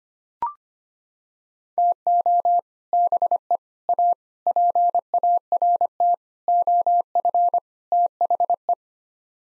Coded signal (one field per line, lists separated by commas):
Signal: Morse code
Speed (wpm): 25 wpm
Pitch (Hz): 700 Hz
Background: none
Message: TO BE A PART OF THE